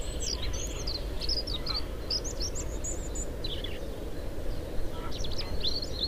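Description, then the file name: European robin song: thin, high, scattered twittering notes and short trills, with a steady low rumble underneath. "Erithacus rubecula"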